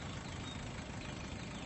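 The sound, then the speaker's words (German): A car engine idles with a steady, even rumble, its low droning hum holding constant for the whole moment with no voices or other sounds over it. “Der Wagen vom Boss?”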